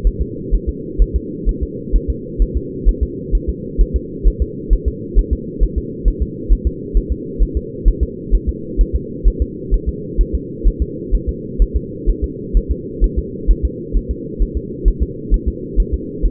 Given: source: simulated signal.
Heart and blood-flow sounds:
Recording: fetal heart sounds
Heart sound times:
0.07 s: S1
0.22 s: S2
0.54 s: S1
0.69 s: S2
1.02 s: S1
1.16 s: S2
1.49 s: S1
1.63 s: S2
1.95 s: S1
2.10 s: S2
2.42 s: S1
2.57 s: S2
2.89 s: S1
3.03 s: S2
3.35 s: S1
3.50 s: S2
3.81 s: S1
3.96 s: S2
4.27 s: S1
4.42 s: S2
4.73 s: S1
4.88 s: S2
5.19 s: S1
5.33 s: S2
5.63 s: S1
5.78 s: S2
6.08 s: S1
6.23 s: S2
6.53 s: S1
6.67 s: S2
6.97 s: S1
7.12 s: S2
7.42 s: S1
7.57 s: S2
7.88 s: S1
8.03 s: S2
8.34 s: S1
8.49 s: S2
8.81 s: S1
8.95 s: S2
9.28 s: S1
9.42 s: S2
9.74 s: S1
9.89 s: S2
10.21 s: S1
10.35 s: S2
10.67 s: S1
10.82 s: S2
11.15 s: S1
11.29 s: S2
11.62 s: S1
11.76 s: S2
12.09 s: S1
12.24 s: S2
12.57 s: S1
12.72 s: S2
13.04 s: S1
13.19 s: S2
13.51 s: S1
13.65 s: S2
13.97 s: S1
14.11 s: S2
14.42 s: S1
14.57 s: S2
14.88 s: S1
15.03 s: S2
15.34 s: S1
15.48 s: S2
15.80 s: S1
15.94 s: S2
16.25 s: S1
From the record:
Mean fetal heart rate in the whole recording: 130 bpm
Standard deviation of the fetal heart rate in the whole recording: 2 bpm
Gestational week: 36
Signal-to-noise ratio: -4.1 dB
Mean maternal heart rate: no maternal heart sound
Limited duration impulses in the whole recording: absent

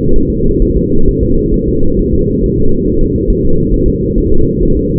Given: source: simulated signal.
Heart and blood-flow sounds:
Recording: fetal heart sounds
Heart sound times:
0.16 s: S1
0.30 s: S2
0.62 s: S1
0.77 s: S2
1.08 s: S1
1.23 s: S2
1.54 s: S1
1.68 s: S2
1.99 s: S1
2.13 s: S2
2.44 s: S1
2.58 s: S2
2.87 s: S1
3.01 s: S2
3.30 s: S1
3.45 s: S2
3.74 s: S1
3.88 s: S2
4.18 s: S1
4.32 s: S2
4.63 s: S1
4.77 s: S2
From the record:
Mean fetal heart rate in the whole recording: 130 bpm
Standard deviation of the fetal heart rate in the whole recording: 4 bpm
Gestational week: 38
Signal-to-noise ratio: -19.1 dB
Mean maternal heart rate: 72 bpm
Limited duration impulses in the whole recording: present

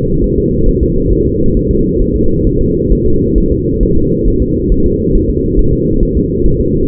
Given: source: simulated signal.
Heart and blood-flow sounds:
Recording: fetal heart sounds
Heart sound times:
0.24 s: S1
0.38 s: S2
0.69 s: S1
0.83 s: S2
1.13 s: S1
1.27 s: S2
1.57 s: S1
1.71 s: S2
2.02 s: S1
2.16 s: S2
2.47 s: S1
2.61 s: S2
2.92 s: S1
3.06 s: S2
3.38 s: S1
3.52 s: S2
3.83 s: S1
3.97 s: S2
4.28 s: S1
4.42 s: S2
4.72 s: S1
4.86 s: S2
5.16 s: S1
5.30 s: S2
5.59 s: S1
5.73 s: S2
6.03 s: S1
6.17 s: S2
6.46 s: S1
6.60 s: S2
From the record:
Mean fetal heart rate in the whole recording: 135 bpm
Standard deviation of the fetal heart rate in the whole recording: 3 bpm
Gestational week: 36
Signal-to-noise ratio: -16.4 dB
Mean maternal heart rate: 72 bpm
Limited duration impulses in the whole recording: present

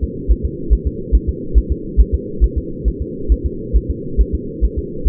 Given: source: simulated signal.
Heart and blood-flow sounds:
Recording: fetal heart sounds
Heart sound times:
0.04 s: S2
0.31 s: S1
0.45 s: S2
0.73 s: S1
0.87 s: S2
1.15 s: S1
1.29 s: S2
1.58 s: S1
1.72 s: S2
2.00 s: S1
2.15 s: S2
2.44 s: S1
2.58 s: S2
2.88 s: S1
3.02 s: S2
3.32 s: S1
3.46 s: S2
3.76 s: S1
3.90 s: S2
4.21 s: S1
4.35 s: S2
4.65 s: S1
4.79 s: S2
5.08 s: S1
From the record:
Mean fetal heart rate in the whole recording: 140 bpm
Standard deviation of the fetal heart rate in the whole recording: 2 bpm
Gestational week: 34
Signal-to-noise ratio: -4.3 dB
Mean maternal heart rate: 72 bpm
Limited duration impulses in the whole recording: absent

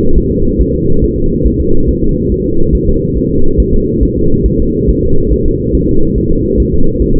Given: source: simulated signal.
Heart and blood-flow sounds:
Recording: fetal heart sounds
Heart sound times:
0.18 s: S1
0.32 s: S2
0.61 s: S1
0.75 s: S2
1.04 s: S1
1.18 s: S2
1.47 s: S1
1.60 s: S2
1.89 s: S1
2.03 s: S2
2.32 s: S1
2.46 s: S2
2.75 s: S1
2.89 s: S2
3.18 s: S1
3.31 s: S2
3.60 s: S1
3.74 s: S2
4.03 s: S1
4.17 s: S2
4.46 s: S1
4.60 s: S2
4.89 s: S1
5.03 s: S2
5.33 s: S1
5.46 s: S2
5.75 s: S1
5.89 s: S2
6.18 s: S1
6.32 s: S2
6.60 s: S1
6.74 s: S2
7.02 s: S1
7.16 s: S2
From the record:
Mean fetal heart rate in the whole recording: 140 bpm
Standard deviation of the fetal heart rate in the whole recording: 2 bpm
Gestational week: 34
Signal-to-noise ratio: -19.1 dB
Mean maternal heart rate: 72 bpm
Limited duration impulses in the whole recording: present

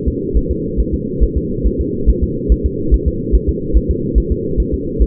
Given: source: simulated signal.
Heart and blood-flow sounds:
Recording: fetal heart sounds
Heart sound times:
0.08 s: S2
0.37 s: S1
0.51 s: S2
0.80 s: S1
0.94 s: S2
1.24 s: S1
1.38 s: S2
1.67 s: S1
1.81 s: S2
2.09 s: S1
2.24 s: S2
2.52 s: S1
2.66 s: S2
2.94 s: S1
3.08 s: S2
3.35 s: S1
3.49 s: S2
3.77 s: S1
3.91 s: S2
4.18 s: S1
4.32 s: S2
4.60 s: S1
4.74 s: S2
5.02 s: S1
From the record:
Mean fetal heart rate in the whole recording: 140 bpm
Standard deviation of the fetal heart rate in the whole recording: 2 bpm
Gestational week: 34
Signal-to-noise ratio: -6.6 dB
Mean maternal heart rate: 72 bpm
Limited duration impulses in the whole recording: present

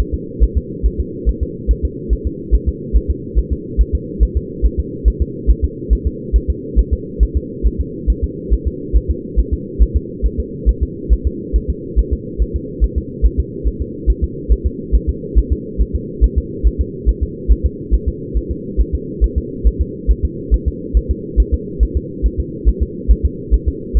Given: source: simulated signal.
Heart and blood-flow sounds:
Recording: fetal heart sounds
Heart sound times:
0.00 s: S1
0.14 s: S2
0.43 s: S1
0.57 s: S2
0.86 s: S1
1.00 s: S2
1.29 s: S1
1.43 s: S2
1.71 s: S1
1.85 s: S2
2.13 s: S1
2.27 s: S2
2.55 s: S1
2.69 s: S2
2.96 s: S1
3.10 s: S2
3.38 s: S1
3.52 s: S2
3.81 s: S1
3.95 s: S2
4.23 s: S1
4.37 s: S2
4.66 s: S1
4.80 s: S2
5.08 s: S1
5.22 s: S2
5.50 s: S1
5.64 s: S2
5.93 s: S1
6.07 s: S2
6.36 s: S1
6.50 s: S2
6.79 s: S1
6.93 s: S2
7.23 s: S1
7.37 s: S2
7.66 s: S1
7.81 s: S2
8.10 s: S1
8.24 s: S2
8.53 s: S1
8.67 s: S2
8.96 s: S1
9.10 s: S2
9.39 s: S1
9.53 s: S2
9.82 s: S1
9.96 s: S2
10.26 s: S1
10.40 s: S2
10.69 s: S1
10.83 s: S2
11.13 s: S1
11.27 s: S2
11.56 s: S1
11.70 s: S2
11.99 s: S1
12.13 s: S2
12.42 s: S1
12.56 s: S2
12.84 s: S1
12.98 s: S2
13.26 s: S1
13.40 s: S2
13.67 s: S1
13.81 s: S2
14.10 s: S1
14.24 s: S2
14.52 s: S1
14.66 s: S2
14.95 s: S1
15.09 s: S2
15.38 s: S1
15.52 s: S2
15.81 s: S1
15.95 s: S2
16.24 s: S1
16.38 s: S2
16.67 s: S1
16.81 s: S2
17.09 s: S1
17.23 s: S2
17.52 s: S1
17.66 s: S2
17.94 s: S1
18.08 s: S2
18.37 s: S1
18.51 s: S2
18.81 s: S1
18.95 s: S2
19.24 s: S1
19.38 s: S2
19.67 s: S1
19.81 s: S2
20.11 s: S1
20.25 s: S2
20.54 s: S1
20.68 s: S2
20.97 s: S1
21.11 s: S2
21.40 s: S1
21.54 s: S2
21.83 s: S1
21.97 s: S2
22.26 s: S1
22.40 s: S2
22.68 s: S1
22.83 s: S2
23.11 s: S1
23.25 s: S2
23.54 s: S1
23.68 s: S2
23.97 s: S1
From the record:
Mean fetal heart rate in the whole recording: 140 bpm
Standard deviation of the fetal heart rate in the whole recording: 2 bpm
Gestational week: 34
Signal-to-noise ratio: -4.1 dB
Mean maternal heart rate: no maternal heart sound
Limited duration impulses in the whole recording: absent

